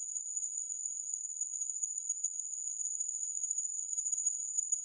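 Insect giving a continuous high-pitched whine, fairly even and softer, with faint uneven flutter and nothing else audible.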